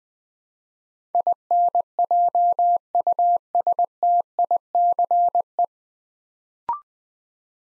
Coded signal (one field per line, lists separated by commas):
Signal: Morse code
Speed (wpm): 20 wpm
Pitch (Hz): 700 Hz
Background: none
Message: INJUSTICE